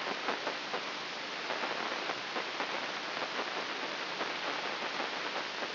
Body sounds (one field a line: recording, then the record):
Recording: brain microelectrode recording played as sound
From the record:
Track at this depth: inside the subthalamic nucleus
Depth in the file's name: 1.6 mm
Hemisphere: left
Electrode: 3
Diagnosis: Parkinson's disease